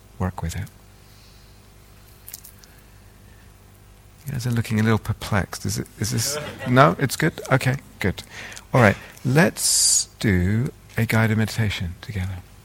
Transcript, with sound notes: work with it. You guys are looking a little perplexed. [laughter] Is this...? No? It's good? Okay, good. All right. Let's do a guided meditation together.